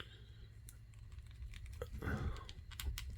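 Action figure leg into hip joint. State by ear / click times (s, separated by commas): not seated / none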